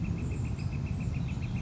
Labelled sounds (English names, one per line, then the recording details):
Northern Flicker
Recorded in Sonoma County, California